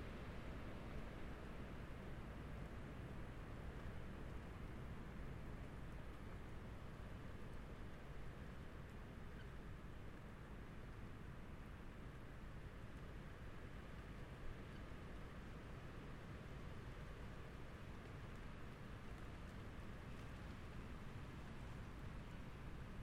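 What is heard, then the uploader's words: A rural soundscape at a home property holds a steady, dense low rumble for the full stretch, like a passing vehicle or engine noise. The level barely changes, with a constant hum at the bottom and a faint hiss above, and no distinct events stand out. Long duration soundscape recordings made at my home, a rural property 22 KM west of the village of South River, Ontario, Canada. Based on recordings made through the month of February.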